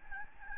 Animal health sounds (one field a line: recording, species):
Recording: mosquito wingbeat signal from an infrared sensor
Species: Aedes albopictus